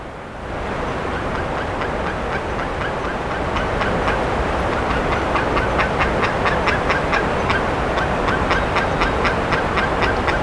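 Bird making a series of short harsh notes that start faintly after the first second and grow stronger, repeating about twice a second over hiss.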